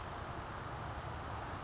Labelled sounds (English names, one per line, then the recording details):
California Towhee
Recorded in Sonoma County, California